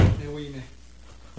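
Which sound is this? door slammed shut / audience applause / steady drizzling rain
door slammed shut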